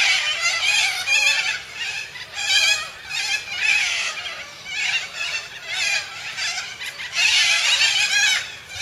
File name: canto da cacatua inca